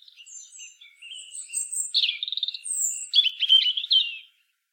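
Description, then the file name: European robin song: thin, high whistled notes drifting up and down, then louder rapid trilled twittering phrases in the second half, ending abruptly. "Erithacus rubecula"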